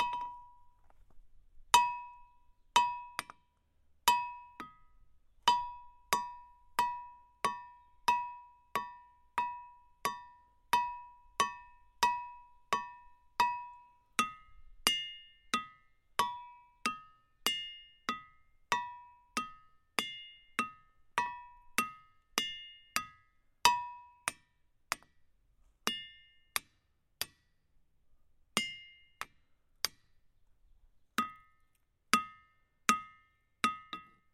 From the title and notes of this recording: Ringing Rock State Park. The episode is a binaural field recording of me walking around hitting rocks with a hammer for about 20 minutes. Some rocks ‘ring’ while others don’t.